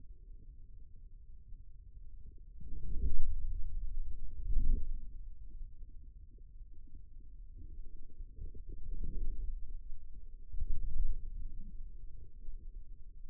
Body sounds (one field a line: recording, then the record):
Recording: forearm muscle sounds (acoustic myography)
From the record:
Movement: outward rotation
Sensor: system 2, bracelet of six BSWA MPA416 microphones around the upper forearm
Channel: 3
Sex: male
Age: 22 years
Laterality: right